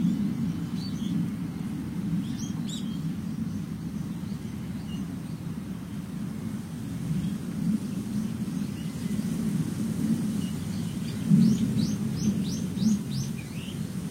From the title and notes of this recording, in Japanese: とある風のある落ち葉の中。風に吹かれる木々たち。風防がなかったから落ち葉の中にマイクを埋めてみましたがどうでしょう。